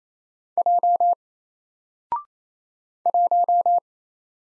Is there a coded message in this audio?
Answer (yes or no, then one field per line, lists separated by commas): yes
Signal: Morse code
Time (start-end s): 0.6-3.8 s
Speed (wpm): 27 wpm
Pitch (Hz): 700 Hz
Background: none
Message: J 1